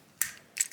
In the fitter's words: and then make sure it clicks because if it doesn't click it's not going to be able to go on all the way because it'll be flimsy